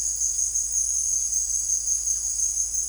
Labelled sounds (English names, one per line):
none